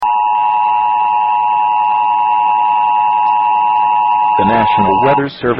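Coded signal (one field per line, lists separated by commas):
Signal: Emergency Alert System (SAME) tones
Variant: 853 and 960 Hz attention tone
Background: speech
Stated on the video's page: Live NOAA weather radio alert captured as a tornado hit Greensburg, Kansas.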